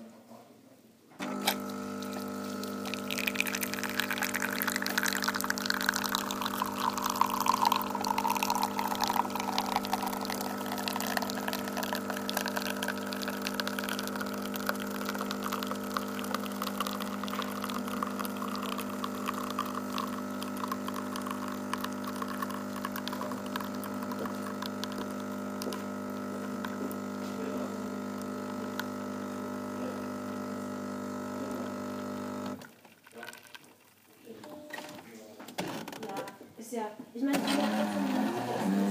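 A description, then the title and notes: A coffee machine brews a large coffee, its pump starting with a steady, loud buzzing hum that holds from the first second until about 32 seconds. A hissing, pouring sound falls gradually in pitch early on, then the machine cuts off, leaving scattered clicks and handling noises. Large coffee from a Jura Impressa Z7 at SoundCloud ReBase by David Noël.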